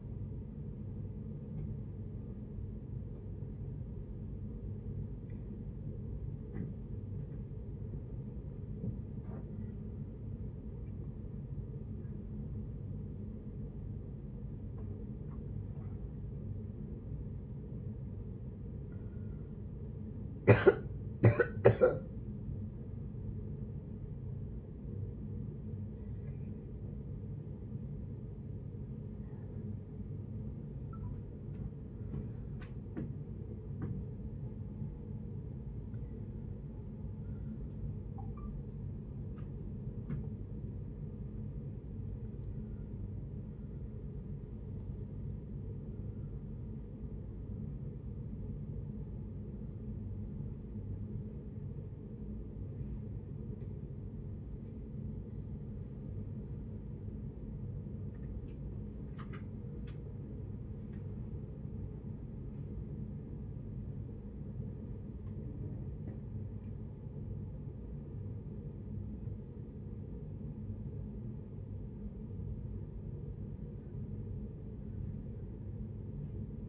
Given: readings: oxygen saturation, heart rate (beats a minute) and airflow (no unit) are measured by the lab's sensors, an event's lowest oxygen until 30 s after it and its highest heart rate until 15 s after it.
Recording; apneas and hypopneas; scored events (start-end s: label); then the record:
a person awake in a sleep study, by a smartphone at the bedside; 1
5.00-76.69 s: awake
18.00-62.30 s: hypopnea (scored as awake, oxygen 97% highest, then 95% lowest)
From the record:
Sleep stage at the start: awake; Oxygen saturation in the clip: 94 to 97%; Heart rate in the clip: 41 to 97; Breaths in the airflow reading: 20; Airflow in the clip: -7.9 to 9.5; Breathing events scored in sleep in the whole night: 496 in 5.4 hours asleep